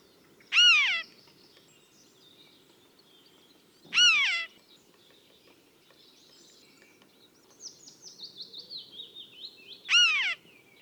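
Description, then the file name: Eurasian jay giving three loud, harsh downslurred calls with rich overtones, spaced a few seconds apart; another bird's descending series of short notes sounds between the second and third calls. "Garrulus glandarius"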